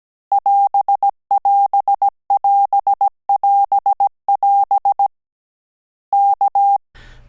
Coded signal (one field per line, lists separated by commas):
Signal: Morse code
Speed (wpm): 17 wpm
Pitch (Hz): 800 Hz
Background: none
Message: <AS><AS><AS><AS><AS> K